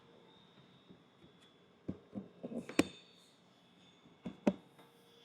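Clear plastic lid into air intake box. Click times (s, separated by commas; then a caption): 2.8 s, 4.5 s. A clear plastic lid is worked around the edge of the plastic air intake box for an S&B intake kit on a 2024-25 Toyota Tacoma. Soft handling knocks are followed by sharp plastic snaps at 2.8 s and 4.5 s as the lid's clips snap in. The lid ends up locked in place on the box.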